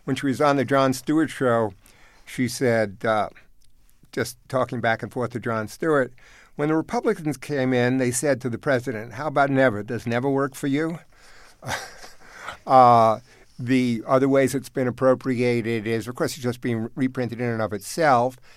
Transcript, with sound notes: But when she was on the Jon Stewart show, she said, just talking back and forth to Jon Stewart, when the Republicans came in, they said to the president how about never? Does never work for you? (Laughter) The other ways it's been appropriated is, of course, just being reprinted in and of itself.